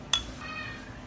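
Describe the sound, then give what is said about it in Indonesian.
A single sharp metallic clink of a teaspoon against a cup or jar as half a teaspoon of coffee is added, with a faint high ring that fades quickly into quiet background hiss. No one speaks. “Lalu kita tambahkan 1/2 sendok teh kopi.”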